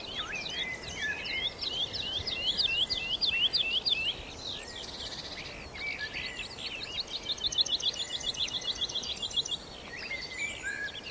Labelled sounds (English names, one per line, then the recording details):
Wood Lark flight song
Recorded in the wild
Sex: male
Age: adult
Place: Brunow, Gamengrund, Brandenburg, DE
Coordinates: 52.7272, 13.8911
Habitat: field
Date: 1995-04-16 19:00
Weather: overcast, intermittent rain, 4°C, weak winds
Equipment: Sony WM-D6C, Sennheiser ME 80, K 30 AV (III), Kopie Revox C 270
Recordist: Frommolt, Karl-Heinz